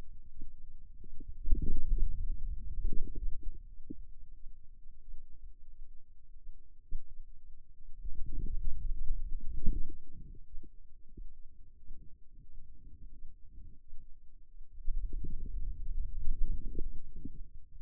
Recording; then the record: forearm muscle sounds (acoustic myography)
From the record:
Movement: wrist flexion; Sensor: system 2, bracelet of six BSWA MPA416 microphones around the upper forearm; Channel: 3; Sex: male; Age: 22 years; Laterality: right